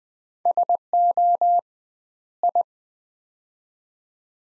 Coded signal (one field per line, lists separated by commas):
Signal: Morse code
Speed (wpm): 20 wpm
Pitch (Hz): 700 Hz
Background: none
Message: SO I